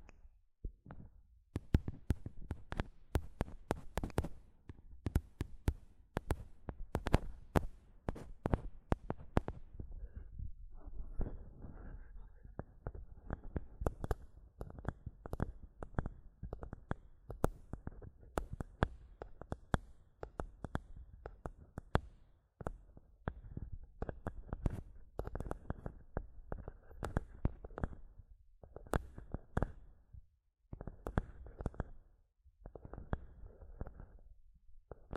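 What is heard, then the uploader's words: Fingers tap and scratch on a microphone in dense, uneven bursts of sharp knocks with heavy low thumps. The first ten seconds are the busiest and brightest. After that the hits thin slightly and soft scratchy rustling fills the gaps, with brief pauses near 22 and 30 seconds. ASMR Mic Tapping and Scratching (No Talking).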